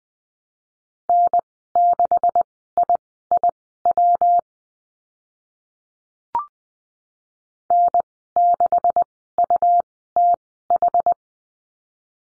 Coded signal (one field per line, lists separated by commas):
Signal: Morse code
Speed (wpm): 20 wpm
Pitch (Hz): 700 Hz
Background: none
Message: N6IIW N6UTH